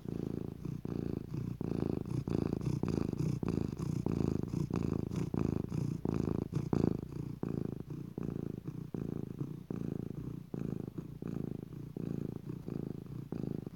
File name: Cat Purr